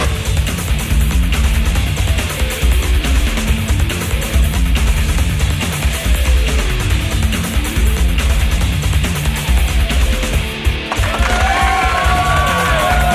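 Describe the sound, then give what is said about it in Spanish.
A dense, steady wash of canned applause and cheering runs for the whole stretch, with scattered whoops and yells rising out of the roar, and no talking. “Hoy casi lo podríamos hacer con gente en el estudio, porque los aplausos, aunque siguen sonando enlatados, hay...”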